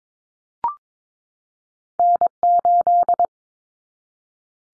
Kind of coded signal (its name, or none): Morse code